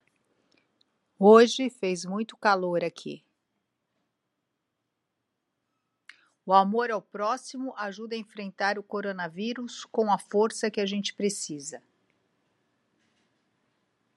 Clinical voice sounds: spoken sentence; Brazilian Portuguese; female; 50 to 59 years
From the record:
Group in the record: control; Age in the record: 52 years

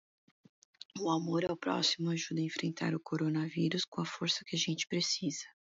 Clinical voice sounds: spoken sentence; Brazilian Portuguese; female; 40 to 49 years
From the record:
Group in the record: control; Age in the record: 45 years

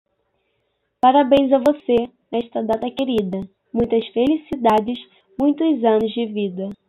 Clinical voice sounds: short text; Brazilian Portuguese; female; 20 to 29 years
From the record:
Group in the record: control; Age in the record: 20 years

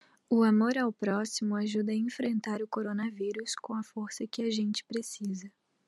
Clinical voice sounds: spoken sentence; Brazilian Portuguese; female; 20 to 29 years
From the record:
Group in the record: control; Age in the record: 21 years

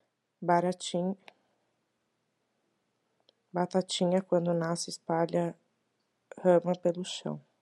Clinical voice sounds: short text; Brazilian Portuguese; female; 20 to 29 years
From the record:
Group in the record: control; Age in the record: 27 years

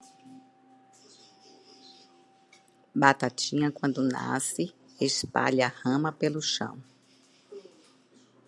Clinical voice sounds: short text; Brazilian Portuguese; female; 50 to 59 years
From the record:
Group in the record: control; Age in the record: 58 years

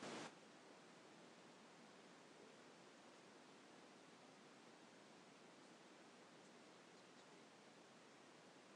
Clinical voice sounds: spoken sentence; Brazilian Portuguese; female; 30 to 39 years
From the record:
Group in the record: control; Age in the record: 34 years

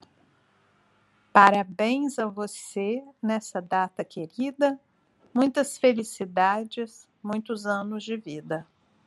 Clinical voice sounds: short text; Brazilian Portuguese; female; 60 to 69 years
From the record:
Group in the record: control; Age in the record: 63 years

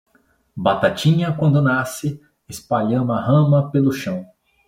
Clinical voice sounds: short text; Brazilian Portuguese; male; 40 to 49 years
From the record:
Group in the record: control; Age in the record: 41 years

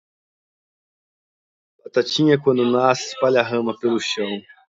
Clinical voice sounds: short text; Brazilian Portuguese; male; 30 to 39 years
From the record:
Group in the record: control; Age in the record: 33 years

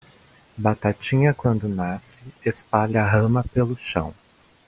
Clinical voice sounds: short text; Brazilian Portuguese; male; 20 to 29 years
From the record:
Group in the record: control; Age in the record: 28 years

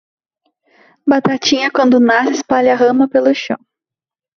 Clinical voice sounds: short text; Brazilian Portuguese; female; 20 to 29 years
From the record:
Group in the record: control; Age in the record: 23 years

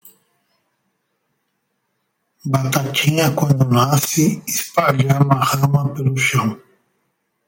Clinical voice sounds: short text; Brazilian Portuguese; male; 50 to 59 years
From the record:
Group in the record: control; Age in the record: 54 years

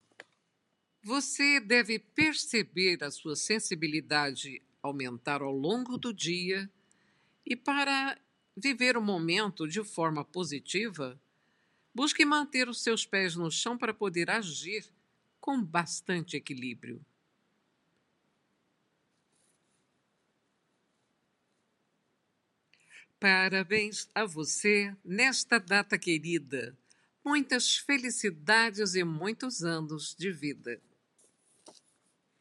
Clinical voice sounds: short text; Brazilian Portuguese; female; 60 to 69 years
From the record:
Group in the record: control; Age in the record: 69 years

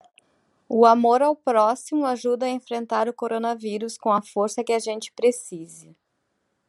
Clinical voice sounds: spoken sentence; Brazilian Portuguese; female; 40 to 49 years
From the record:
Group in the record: control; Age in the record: 43 years

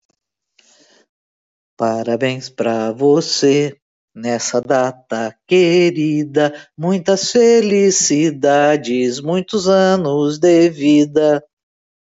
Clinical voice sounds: short text; Brazilian Portuguese; female; 50 to 59 years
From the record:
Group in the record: control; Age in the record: 55 years

